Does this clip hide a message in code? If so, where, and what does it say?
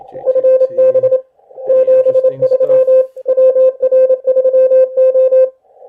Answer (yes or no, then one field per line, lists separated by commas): yes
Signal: Morse code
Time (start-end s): 0.3-5.5 s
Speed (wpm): 28 wpm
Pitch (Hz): 520 Hz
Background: none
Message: FB 73 WR3O